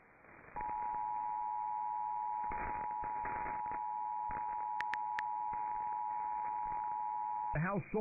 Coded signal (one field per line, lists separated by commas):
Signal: Emergency Alert System (SAME) tones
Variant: 853 and 960 Hz attention tone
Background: speech